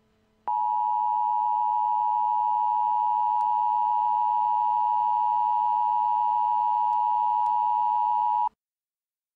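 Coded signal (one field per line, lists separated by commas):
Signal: Emergency Alert System (SAME) tones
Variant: 853 and 960 Hz attention tone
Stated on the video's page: A fictional EAS scenario; the tones may be loud.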